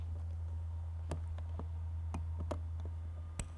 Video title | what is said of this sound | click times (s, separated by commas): SŌL - Powered By The Sun - How to install solar for Cruiser RV | make sure that you hear the click that knows that you've got a positive connection | 3.4 s